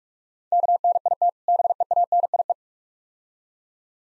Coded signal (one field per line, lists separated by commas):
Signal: Morse code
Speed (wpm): 46 wpm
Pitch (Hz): 700 Hz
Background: none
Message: KNIT BEANIE